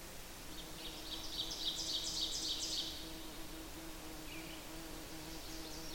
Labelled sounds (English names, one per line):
Ovenbird song